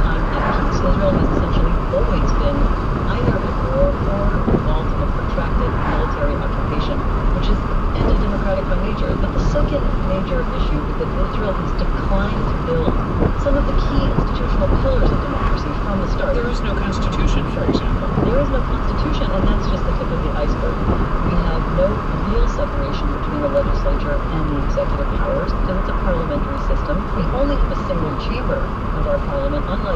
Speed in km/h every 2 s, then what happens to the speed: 84, 84, 84, 84, 85, 87, 87, 89, 89, 89, 87, 85, 84, 84, 82.
0-30 steady at about 85.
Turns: none.